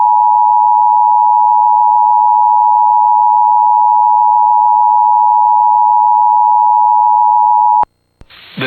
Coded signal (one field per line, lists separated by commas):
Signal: Emergency Alert System (SAME) tones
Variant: 853 and 960 Hz attention tone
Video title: Severe Thunderstorm Warning (EAS #578)